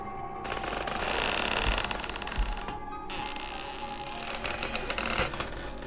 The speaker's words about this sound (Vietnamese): Lão với tay đóng cánh cửa gian chính lại, trong lòng giấm dứt không yên. Cánh cửa gỗ của ngôi nhà ọp ẹp, tiếng bản lề khô dầu vang lên những tiếng kèn kẹt kèn kẹt.